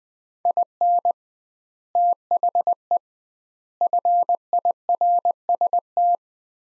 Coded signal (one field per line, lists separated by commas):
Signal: Morse code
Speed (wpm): 20 wpm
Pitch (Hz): 700 Hz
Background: none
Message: IN THE FIRST